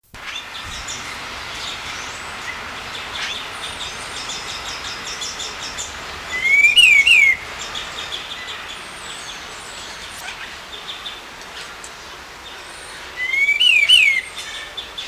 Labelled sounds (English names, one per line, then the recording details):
Red-tailed Laughingthrush call
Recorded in captivity
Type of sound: call
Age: adult
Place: Zoo Berlin, Berlin, DE
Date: 1999-08-23 15:34
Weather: cloudy, ca. 17-18°C
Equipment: Sony WM-D6C, Sennheiser ME 80, Kopie Uher 4000 Report Monitor
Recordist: Tembrock, Günter
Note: Lautfolgen, Entfernung ca. 10 m